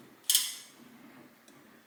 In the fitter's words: So that little click right there, if you guys heard that, was actually the tensioner releasing and the little hook popping off.